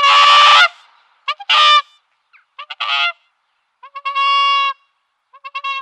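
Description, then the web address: Whooper swan calling: harsh, blaring honks at first, then short stuttering notes and cleaner, bugle-like trumpeting calls. "Schulze Peter Whooper Swan"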